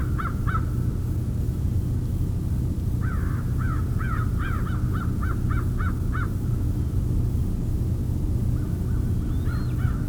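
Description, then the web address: Crows cawing, a couple of early caws then a quick series of harsh notes and a few more near the end, all partly masked by a strong, continuous low rumble. Crows recorded in winter in Mississippi. "Jerry Apps Winter. Mississippi Crows"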